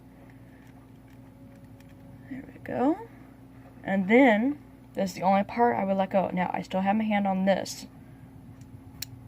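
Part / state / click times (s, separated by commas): bit or attachment locking into an electric engraver handpiece / seated / 9.0 s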